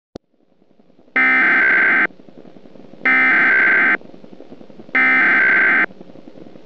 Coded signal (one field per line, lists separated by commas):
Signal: Emergency Alert System (SAME) tones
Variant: header bursts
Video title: Black Sunday Dust Storm (EAS Scenario)